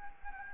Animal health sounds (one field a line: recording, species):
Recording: mosquito wingbeat signal from an infrared sensor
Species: Anopheles gambiae